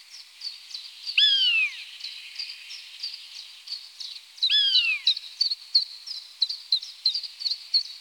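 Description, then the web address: Common buzzard mewing: two drawn-out, downslurred, plaintive calls about three seconds apart, over a backdrop of many small high chirps and ticks. "Buteo buteo. ns svatomartinska alej"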